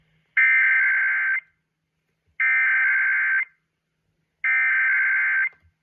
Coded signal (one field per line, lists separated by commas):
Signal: Emergency Alert System (SAME) tones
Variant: header bursts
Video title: [EAS #2712-#2713] KLOVE Decides to test again, 2 days later (9/24/23)